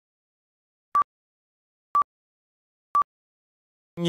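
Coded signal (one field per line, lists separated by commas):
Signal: none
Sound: answering machine beep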